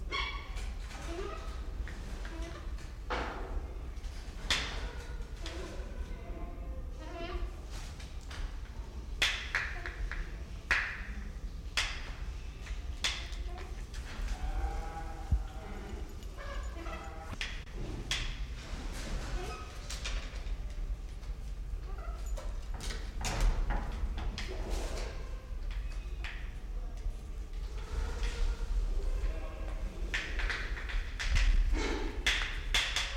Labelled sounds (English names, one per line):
Choco Toucan